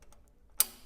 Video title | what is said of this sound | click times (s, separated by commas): CPC Module 4 | then push it down so the silver clasp here locks | 0.6 s